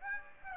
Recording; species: mosquito wingbeat signal from an infrared sensor; Aedes aegypti